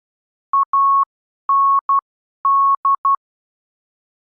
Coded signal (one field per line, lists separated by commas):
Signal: Morse code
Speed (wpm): 12 wpm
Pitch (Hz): 1100 Hz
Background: none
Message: AND